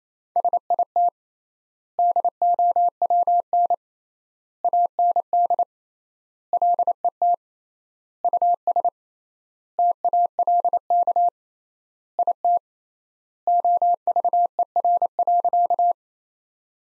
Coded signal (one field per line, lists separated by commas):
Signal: Morse code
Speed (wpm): 27 wpm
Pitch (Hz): 700 Hz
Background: none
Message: SIT DOWN AND LET US TALK IT OVER.